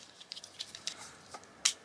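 The last magnetic Kineon Move+ red-light therapy pod is pushed into its holder on a fabric strap, with a few faint light ticks and handling sounds before it. A sharp, bright click at 1.7 s marks the pod seating in place, confirmed as the final pod strapped in.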